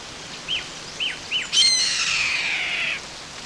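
Bird calls: three short rising-falling whistled notes, then a louder harsh descending screech lasting over a second, over steady background hiss.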